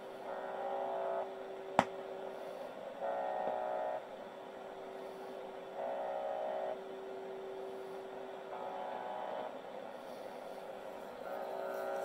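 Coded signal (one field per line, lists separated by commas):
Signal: channel marker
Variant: UVB-76 (The Buzzer)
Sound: short harsh buzzes repeating about every 2.7 seconds, five in the clip, over steady hum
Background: radio static, steady tone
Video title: The Buzzer. Russian Military TX.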